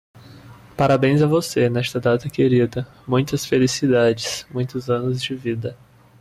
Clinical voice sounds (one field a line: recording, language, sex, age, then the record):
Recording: short text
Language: Brazilian Portuguese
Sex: male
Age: 20 to 29 years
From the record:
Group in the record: control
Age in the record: 20 years